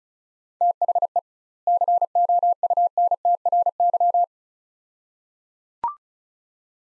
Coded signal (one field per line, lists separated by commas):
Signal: Morse code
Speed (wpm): 34 wpm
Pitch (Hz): 700 Hz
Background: none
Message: THE COUNTRY